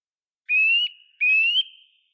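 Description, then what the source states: Eurasian nuthatch gives two loud, ringing whistles that climb gently in pitch, the second following closely after the first, in an otherwise quiet background. Loud song of rising and falling whistles, heard mostly on sunny days from January to May where old deciduous trees stand.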